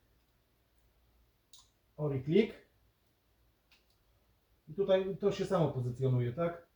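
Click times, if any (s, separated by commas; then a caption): none. A plastic wiring-harness electrical plug is positioned onto an ignition coil connector on a Skoda Octavia 2FL 1.4 TSI CAXA engine during a spark plug change done without a special tool, lined up the same way as the previous one. Someone talks over faint, brief handling taps near 1.5 and 3.7 seconds. The plug has not been pushed home, and nothing has seated or clicked yet.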